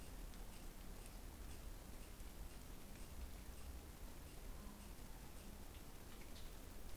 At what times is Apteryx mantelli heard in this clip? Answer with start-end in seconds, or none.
none